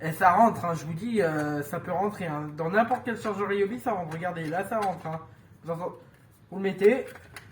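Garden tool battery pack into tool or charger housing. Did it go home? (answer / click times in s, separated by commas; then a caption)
no / none. A garden-tool lithium battery pack is handled near its tool or charger housing while someone talks throughout. The battery has not yet seated or clicked into place.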